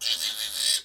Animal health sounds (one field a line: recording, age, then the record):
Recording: pig call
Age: piglet (1 to 25 days)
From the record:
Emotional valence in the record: negative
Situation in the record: castration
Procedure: castration, cut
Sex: male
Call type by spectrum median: high-frequency call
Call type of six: high-frequency stable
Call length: 0.84 s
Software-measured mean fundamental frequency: 300 Hz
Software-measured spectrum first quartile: 3838 Hz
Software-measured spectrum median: 5010 Hz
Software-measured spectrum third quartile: 7913 Hz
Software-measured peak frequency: 3890 Hz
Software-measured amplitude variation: 137 dB a second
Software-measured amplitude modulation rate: 16.0 a second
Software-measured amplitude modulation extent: 8.6 dB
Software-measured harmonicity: 0.9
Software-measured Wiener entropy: -1.72